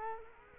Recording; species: mosquito wingbeat signal from an infrared sensor; Culex quinquefasciatus